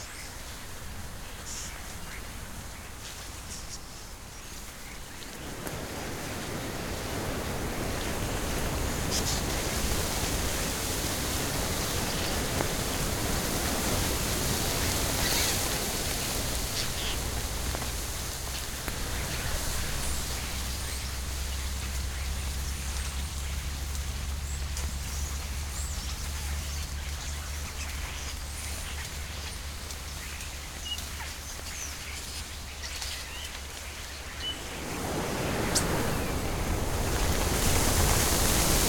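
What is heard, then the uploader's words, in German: A large flock of circling starlings makes a dense, rushing whoosh of wings, swelling loudly around five seconds and again near thirty-five as the birds turn together. A steady low rumble sits underneath through the middle, with a faint high hiss throughout. Kreisende Stare. Stare, wenn ausreichend Zahlreich, machen erstaunlich laute Geräusche bei Richtungsänderungen.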